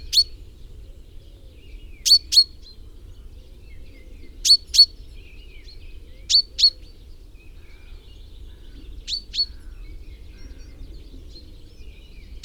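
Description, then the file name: Common chaffinch giving clipped, bright call notes, mostly in doubled pairs spaced a couple of seconds apart, with a faint low rumble underneath. "Fringilla coelebs"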